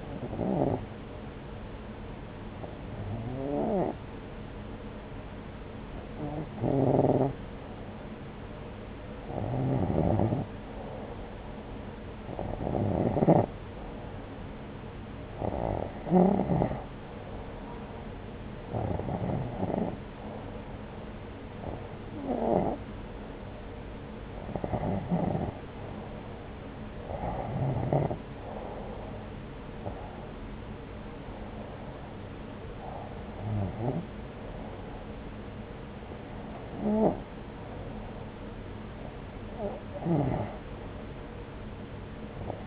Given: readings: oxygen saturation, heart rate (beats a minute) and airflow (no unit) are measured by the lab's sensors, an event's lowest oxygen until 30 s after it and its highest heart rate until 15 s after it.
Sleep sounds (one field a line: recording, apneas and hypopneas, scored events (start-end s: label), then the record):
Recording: breathing in sleep by a voice recorder at the bedside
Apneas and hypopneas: none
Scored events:
16.00-42.67 s: new sleep stage, REM sleep
From the record:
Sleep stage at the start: N1 (lightest sleep)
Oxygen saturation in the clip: 88 to 90%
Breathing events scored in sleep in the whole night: 303 in 8.1 hours asleep